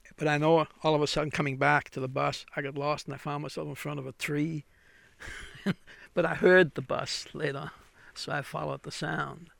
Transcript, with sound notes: But I know, all of a sudden coming back to the bus I got lost, and I found myself in front of a tree. (he laughs) But I heard the bus later on, so I followed the sound.